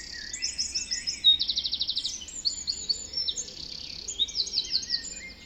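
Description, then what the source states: Birds singing together at dawn: high, fast trills and repeated chirping notes overlap, with one loud trill standing out early on. Dawn chorus recorded just after dawn in the Forest of Dean.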